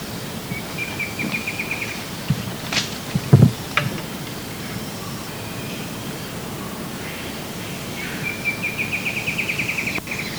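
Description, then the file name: Bird trilled call: a quick series of high, even notes given twice, near the start and again near the end, over steady low background noise. "SABIOD bird"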